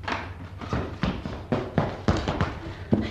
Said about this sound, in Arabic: وبينما الأميرة في مخدعها إذ سمعت ضجة وجلبة وأصواتا مقتربة ووقع أقدام تسرع إليها، وفتح الباب عليها.